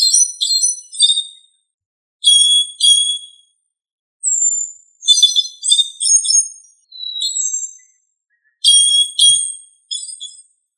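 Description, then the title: Thrush song: short bursts of high, ringing whistled phrases, several notes each with a clear downslurred whistle between them, separated by brief pauses, against silence. "Sabia"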